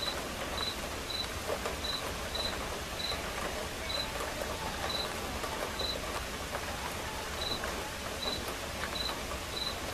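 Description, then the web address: Cricket chirps, brief high pulses at uneven intervals, with steady rainfall hissing throughout. Crickets chirping as accompaniment to a quiet rain. "som de chuva silenciosa com acompanhamento de grilos"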